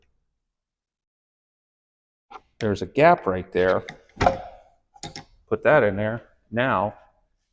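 Someone talks while lining up a slot in the spindle or quill of a Delta drill press and putting a metal piece into it to lock the spindle. Brief handling taps are heard around 5.0 to 5.2 seconds between the speech. Nothing has seated or locked into place yet when the clip ends.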